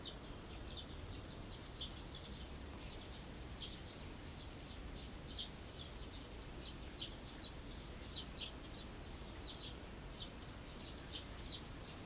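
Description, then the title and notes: Birds chirping with sharp high notes scattered through, fainter against a stronger low background rumble. Small birds singing in a small garden in a corner of Yushima Tenjin shrine, Tokyo, surrounded by buildings, recorded after rain; binaural recording. "小鳥のさえずり、雨上がりの庭園にて（Binaural）- Birds singing in the garden. 湯島天神の片隅にある小さな庭園で録音しました。"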